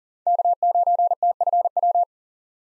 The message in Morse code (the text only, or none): K9TFW